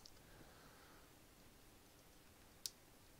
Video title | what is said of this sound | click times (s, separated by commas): NECA TMNT Shredder figure Review by Dan Hulina | all right so it does snap you do hear the snap sound | 2.7 s